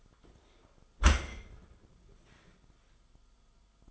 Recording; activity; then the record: daily activity, microphone in the room; close dishwasher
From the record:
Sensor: 5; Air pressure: 1004.8 hPa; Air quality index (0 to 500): 93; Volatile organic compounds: 2 ppm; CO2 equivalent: 1126 ppm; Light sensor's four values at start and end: 33/76/31/30 and 33/77/31/30